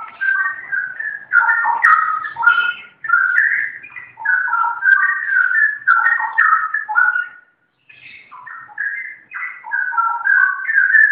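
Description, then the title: Oriental magpie-robin song, a fast stream of clear whistled notes and slurs changing pitch constantly, broken by a single short silence before resuming. "Kicau Kacer"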